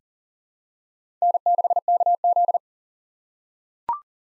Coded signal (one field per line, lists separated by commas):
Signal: Morse code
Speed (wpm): 40 wpm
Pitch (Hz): 700 Hz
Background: none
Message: N6KZ